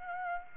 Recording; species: mosquito wingbeat signal from an infrared sensor; Aedes aegypti